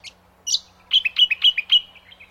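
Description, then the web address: Brown honeyeater calling, a couple of high chirps followed by a quick run of loud notes alternating in pitch. "Sound Effects-Foundation 1 BIRD BROWN HONEY EATER CALL"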